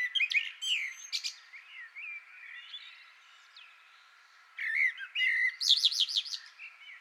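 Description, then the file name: Common blackbird song in two bursts: squeaky high notes and soft warbling, a quiet gap, then lower notes ending in high, squeaky twittering. "Turdus merula"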